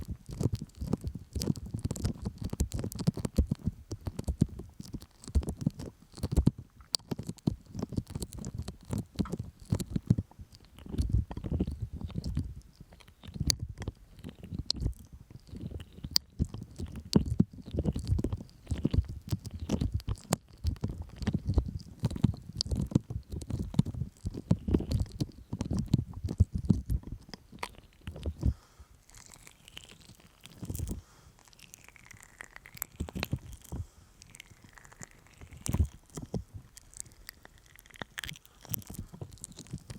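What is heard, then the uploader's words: Sticky honey ear massage with dense, wet clicking and squelching patters packed through the first half, plus soft low thumps underneath. After about 28 seconds the handling thins out and turns lighter, with sparser taps and brief gliding, whistly sweeps. ASMR Sticky Honey Ear Massage (No Talking).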